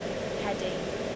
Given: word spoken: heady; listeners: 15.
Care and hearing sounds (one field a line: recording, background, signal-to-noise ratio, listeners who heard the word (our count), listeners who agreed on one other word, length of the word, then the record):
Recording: one English word in noise, from a listening test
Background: speech-shaped noise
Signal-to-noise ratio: -5.0 dB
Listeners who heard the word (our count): 4 of 15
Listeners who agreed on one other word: 9 of 15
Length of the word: 0.75 s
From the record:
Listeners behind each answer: 9, 4, 2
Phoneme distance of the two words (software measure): 17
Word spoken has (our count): 2 syllables, 4 phonemes, stress on syllable 1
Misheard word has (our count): 2 syllables, 5 phonemes, stress on syllable 1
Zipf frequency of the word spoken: 3.26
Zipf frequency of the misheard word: 4.78